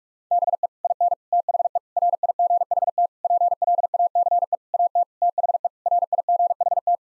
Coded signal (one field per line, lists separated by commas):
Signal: Morse code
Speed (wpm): 46 wpm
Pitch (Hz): 700 Hz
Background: none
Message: BE IN THE RIGHT PLACE AT THE RIGHT